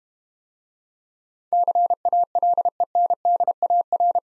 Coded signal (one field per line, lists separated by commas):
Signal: Morse code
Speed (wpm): 32 wpm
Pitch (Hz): 700 Hz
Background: none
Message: CALENDAR